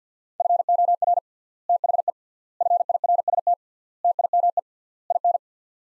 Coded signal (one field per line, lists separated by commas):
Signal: Morse code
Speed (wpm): 50 wpm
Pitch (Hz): 700 Hz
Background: none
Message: FOR THE FIRST TIME IN